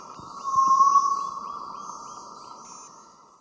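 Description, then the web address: White-throated tinamou uttering a single clear drawn-out whistle that swells then fades. Recorded in the Eastern Lowlands of South America. "Natures Songs S America Eastern Lowlands. White-throated Tinamou"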